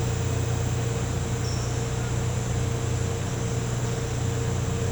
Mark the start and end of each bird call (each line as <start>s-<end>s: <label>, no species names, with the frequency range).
1.43s-1.73s: bird call (4.9-6.0 kHz)